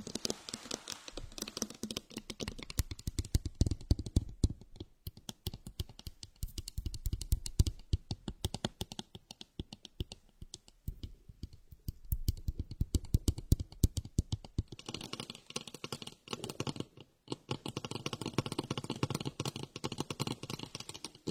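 Rapid, dense tapping and clicking on a crystal ball, bag, glasses and notebook, turning brighter and hissier after fifteen seconds with a brief pause.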